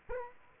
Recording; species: mosquito wingbeat signal from an infrared sensor; Culex quinquefasciatus